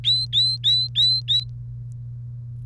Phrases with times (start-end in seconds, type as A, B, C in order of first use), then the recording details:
0.04-1.44 A. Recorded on 1 May 2018 at 05:49. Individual llb3